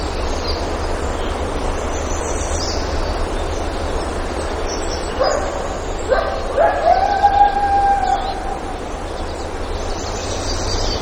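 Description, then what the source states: Coyote giving two quick yips followed by a short, steady howl that tapers off, partly masked by continuous rushing noise. Recorded at Lake Clark, Alaska, on 3 July 2018 at about 06:06.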